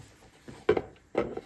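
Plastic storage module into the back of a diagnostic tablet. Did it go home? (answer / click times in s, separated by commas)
yes / 0.7 s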